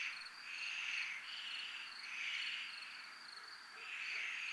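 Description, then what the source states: Dense cricket chorus with a steady high trill and loud buzzing waves swelling and fading in slow succession. Recorded in a military zone (zona militar).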